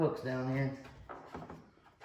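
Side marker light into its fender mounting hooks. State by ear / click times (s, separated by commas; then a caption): not seated / none. A new plastic side marker light is being fitted onto the hooks of the fender mounting on a 2013 Jeep Wrangler. Someone talks through the first part, then brief handling knocks and scrapes come at about 1.1, 1.4 and 1.5 seconds. Nothing has seated or clicked yet.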